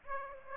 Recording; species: mosquito wingbeat signal from an infrared sensor; Aedes aegypti